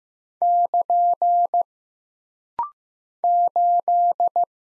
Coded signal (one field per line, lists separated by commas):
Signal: Morse code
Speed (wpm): 15 wpm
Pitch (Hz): 700 Hz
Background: none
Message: <KN> 8